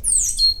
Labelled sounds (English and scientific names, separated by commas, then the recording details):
Stitchbird (Notiomystis cincta) song
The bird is a male
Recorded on Tiritiri Matangi Island, New Zealand, in 2005
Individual 22, of nest box 31